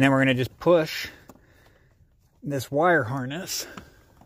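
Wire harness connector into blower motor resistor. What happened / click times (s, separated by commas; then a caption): Handled, not yet home: the connector has not clicked in / none. Someone talks while handling the wire harness connector for the new blower motor resistor on a 2003–2008 Toyota Corolla, getting ready to push it back on. Faint sharp ticks sound around 1.3 s and 4.2 s during pauses in the talk. The connector has not seated or clicked yet by the end of the clip.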